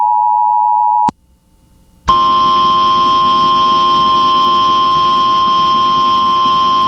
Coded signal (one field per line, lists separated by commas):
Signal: Emergency Alert System (SAME) tones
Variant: 853 and 960 Hz attention tone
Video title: (EAS #26) Central California FLASH FLOOD WARNING on KALT-FM